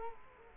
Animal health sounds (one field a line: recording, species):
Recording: mosquito wingbeat signal from an infrared sensor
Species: Culex quinquefasciatus